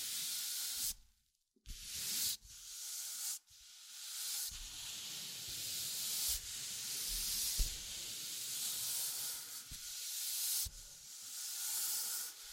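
Tapping, scratching and tracing sounds form a bright, dense rasp that swells and fades, broken by short silences near one and three seconds.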